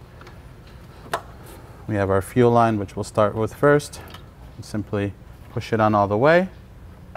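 A fuel line quick-connect fitting is handled near its fuel pipe on the engine of a 2006–2008.5 Volkswagen Mk5 GTI (BPY/CRZA EA113) while someone talks. A few brief ticks occur around 0.2 s, 1.1 s and 7.2 s. Nothing has seated or clicked yet.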